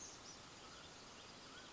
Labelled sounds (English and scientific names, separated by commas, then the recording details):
Mountain Quail (Oreortyx pictus)
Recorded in Sonoma County, California